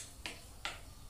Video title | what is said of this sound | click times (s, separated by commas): Body chest strap mounting Hol | sudah terkunci. | 0.3 s, 0.6 s